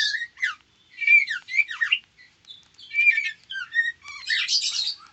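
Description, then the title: White-rumped shama delivering a dense, scratchy jumble of chirps and slurred whistles, ending in a harsh burst. Female. "Murai batu betina"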